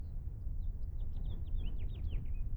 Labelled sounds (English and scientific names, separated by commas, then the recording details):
House Finch (Haemorhous mexicanus) song
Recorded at Kismit on Long Island, New York, on 22 May 1975
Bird B